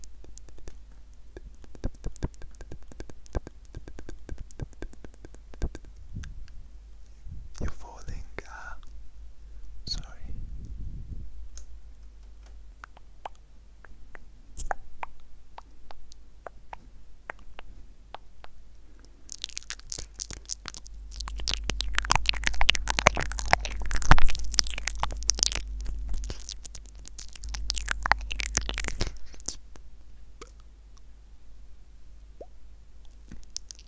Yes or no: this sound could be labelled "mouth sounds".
yes